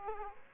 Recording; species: mosquito wingbeat signal from an infrared sensor; Aedes aegypti